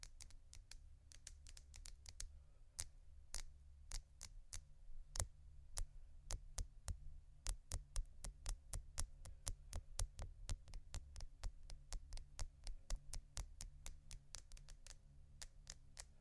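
Crystal and quartz pieces tap and click against one another in a quick, uneven stream, several sharp bright ticks each second, some louder than others. A steady low hum and throb runs beneath the clicking from start to finish.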